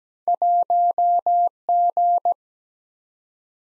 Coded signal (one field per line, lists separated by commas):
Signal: Morse code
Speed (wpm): 17 wpm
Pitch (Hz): 700 Hz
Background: none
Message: 1G